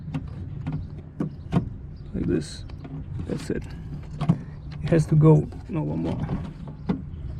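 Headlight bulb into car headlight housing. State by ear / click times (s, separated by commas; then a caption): not seated / none. A replacement headlight bulb is handled and twisted into the headlight housing of a 2007–2017 Volkswagen Tiguan, with short plastic ticks and light handling sounds while someone talks. Nothing has seated or clicked into place yet.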